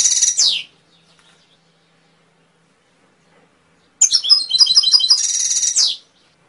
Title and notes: PANCINGAN SUARA MASTERAN KENARI BIKIN BURUNG MAKIN MENGGILA. masteran kicau kenari